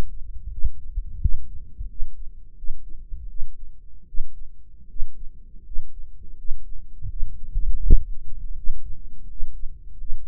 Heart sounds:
heart sounds by microphone in the right ear; 82 bpm
0.50 s: heartbeat
1.20 s: heartbeat
1.87 s: heartbeat
2.55 s: heartbeat
3.28 s: heartbeat
4.06 s: heartbeat
4.88 s: heartbeat
5.63 s: heartbeat
6.36 s: heartbeat
7.08 s: heartbeat
7.80 s: heartbeat
8.55 s: heartbeat
9.28 s: heartbeat
9.97 s: heartbeat
From the record:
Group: healthy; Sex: male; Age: 23 years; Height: 179 cm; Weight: 87 kg

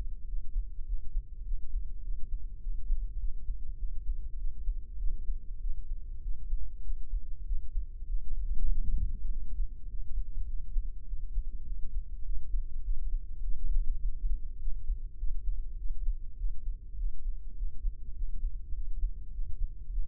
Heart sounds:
heart sounds by microphone in the left ear; 101 bpm
0.29 s: heartbeat
0.88 s: heartbeat
1.47 s: heartbeat
2.05 s: heartbeat
2.63 s: heartbeat
3.21 s: heartbeat
3.80 s: heartbeat
4.39 s: heartbeat
5.01 s: heartbeat
5.62 s: heartbeat
6.24 s: heartbeat
6.86 s: heartbeat
7.48 s: heartbeat
8.09 s: heartbeat
8.70 s: heartbeat
9.31 s: heartbeat
9.90 s: heartbeat
10.49 s: heartbeat
11.08 s: heartbeat
11.67 s: heartbeat
12.26 s: heartbeat
12.86 s: heartbeat
13.45 s: heartbeat
14.03 s: heartbeat
14.61 s: heartbeat
15.20 s: heartbeat
15.79 s: heartbeat
16.39 s: heartbeat
16.99 s: heartbeat
17.58 s: heartbeat
18.17 s: heartbeat
18.76 s: heartbeat
19.34 s: heartbeat
19.92 s: heartbeat
From the record:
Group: healthy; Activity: cold pressor test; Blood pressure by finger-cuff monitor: 166/97 mmHg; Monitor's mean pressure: 115 mmHg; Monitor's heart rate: 102 bpm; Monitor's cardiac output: 7.8 L/min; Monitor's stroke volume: 76 mL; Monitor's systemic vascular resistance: 1100 dyn s/cm5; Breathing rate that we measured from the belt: 16 breaths a minute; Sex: male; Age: 21 years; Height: 175 cm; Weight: 72.6 kg

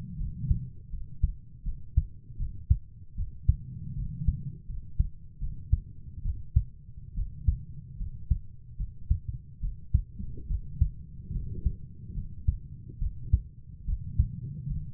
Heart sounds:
heart sounds by stethoscope; 75 bpm
0.19 s: heartbeat
0.91 s: heartbeat
1.65 s: heartbeat
2.38 s: heartbeat
3.17 s: heartbeat
3.96 s: heartbeat
4.68 s: heartbeat
5.40 s: heartbeat
6.23 s: heartbeat
7.15 s: heartbeat
7.99 s: heartbeat
8.78 s: heartbeat
9.61 s: heartbeat
10.48 s: heartbeat
11.33 s: heartbeat
12.15 s: heartbeat
13.00 s: heartbeat
13.86 s: heartbeat
14.68 s: heartbeat
From the record:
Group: healthy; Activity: cold pressor test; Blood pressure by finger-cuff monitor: 98/50 mmHg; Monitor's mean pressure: 69 mmHg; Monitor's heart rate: 76 bpm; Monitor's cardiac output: 7.7 L/min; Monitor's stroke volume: 98 mL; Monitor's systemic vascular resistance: 640 dyn s/cm5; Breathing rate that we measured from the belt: 17 breaths a minute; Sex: female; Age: 22 years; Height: 160 cm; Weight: 63 kg

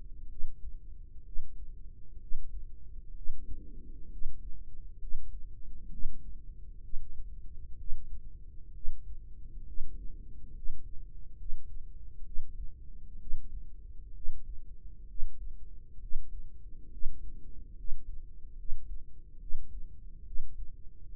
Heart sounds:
heart sounds by microphone in the right ear; 66 bpm
0.28 s: heartbeat
1.23 s: heartbeat
2.18 s: heartbeat
3.13 s: heartbeat
4.08 s: heartbeat
4.98 s: heartbeat
5.89 s: heartbeat
6.80 s: heartbeat
7.76 s: heartbeat
8.71 s: heartbeat
9.64 s: heartbeat
10.53 s: heartbeat
11.36 s: heartbeat
12.23 s: heartbeat
13.17 s: heartbeat
14.12 s: heartbeat
15.06 s: heartbeat
15.98 s: heartbeat
16.89 s: heartbeat
17.74 s: heartbeat
18.55 s: heartbeat
19.38 s: heartbeat
20.23 s: heartbeat
21.09 s: heartbeat
From the record:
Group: healthy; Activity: rest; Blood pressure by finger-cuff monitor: 116/71 mmHg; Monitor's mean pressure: 81 mmHg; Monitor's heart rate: 65 bpm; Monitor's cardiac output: 4.9 L/min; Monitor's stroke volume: 75 mL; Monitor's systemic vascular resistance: 1210 dyn s/cm5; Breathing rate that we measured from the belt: 9 breaths a minute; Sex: female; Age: 32 years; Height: 168 cm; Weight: 61.9 kg

